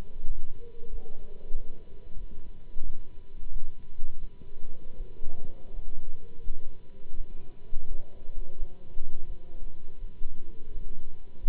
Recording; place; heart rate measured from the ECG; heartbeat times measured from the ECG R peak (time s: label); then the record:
heart sounds by stethoscope; between the tricuspid and mitral areas; 86 bpm
0.26 s: heartbeat
0.89 s: heartbeat
1.51 s: heartbeat
2.16 s: heartbeat
2.83 s: heartbeat
3.50 s: heartbeat
4.17 s: heartbeat
4.96 s: heartbeat
5.72 s: heartbeat
6.42 s: heartbeat
7.14 s: heartbeat
7.86 s: heartbeat
8.56 s: heartbeat
9.25 s: heartbeat
9.98 s: heartbeat
10.70 s: heartbeat
11.40 s: heartbeat
From the record:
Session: Bruce protocol treadmill stress test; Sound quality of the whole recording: good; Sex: male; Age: 26 years